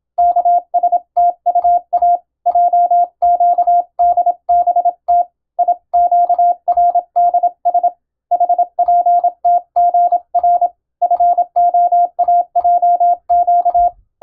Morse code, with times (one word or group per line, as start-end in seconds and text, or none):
0.2-2.2 KSTUA
2.5-5.2 JQDBT
5.6-7.9 IQRDS
8.3-10.7 HPTGR
11.0-13.9 FOAJQ